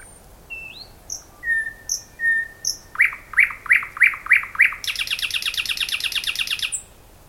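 Thrush nightingale song: a few clear whistles, then a series of loud repeated clicking notes about three per second, ending in a long dry rattling trill.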